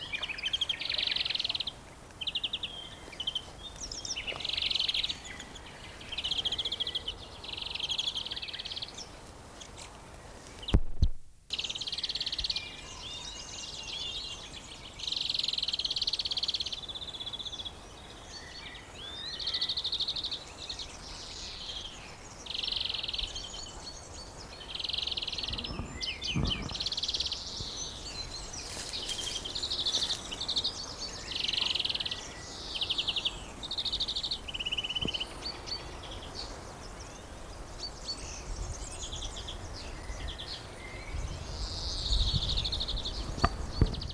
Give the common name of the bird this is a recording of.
European Greenfinch